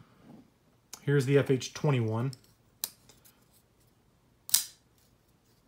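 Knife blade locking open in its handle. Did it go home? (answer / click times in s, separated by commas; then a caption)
yes / 2.8 s, 4.5 s. Someone talks as a Ganzo FH21 folding knife is flipped open twice. Each time, the blade snaps into its locked open position with a sharp click, at 2.8 s and 4.6 s. The action is a little snappier than the FH51's.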